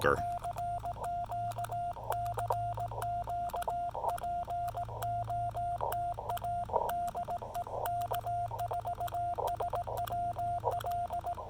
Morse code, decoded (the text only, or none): CQ CQ POTA DE K4SWL